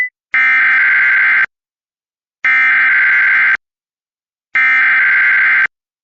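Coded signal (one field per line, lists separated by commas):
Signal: Emergency Alert System (SAME) tones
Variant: header bursts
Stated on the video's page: Compilation of rare alerts including national emergency message, nationwide test, blue alert, nuclear power plant, radiological hazard, extreme wind, snow squall, ice storm, tsunami, law enforcement warnings.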